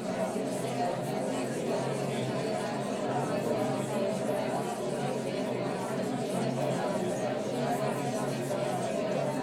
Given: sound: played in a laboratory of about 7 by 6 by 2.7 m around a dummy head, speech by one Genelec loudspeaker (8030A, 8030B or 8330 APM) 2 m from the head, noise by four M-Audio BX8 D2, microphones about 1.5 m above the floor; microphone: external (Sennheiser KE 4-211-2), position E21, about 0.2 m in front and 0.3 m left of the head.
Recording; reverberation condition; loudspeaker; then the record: babble noise; low; four, about 170 cm from the corners of the room and facing them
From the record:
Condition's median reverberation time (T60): about 310 ms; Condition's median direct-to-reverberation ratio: about 3.5 dB